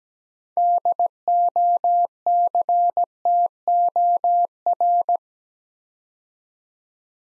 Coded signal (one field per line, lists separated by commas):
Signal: Morse code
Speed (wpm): 17 wpm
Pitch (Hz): 700 Hz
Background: none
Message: DOCTOR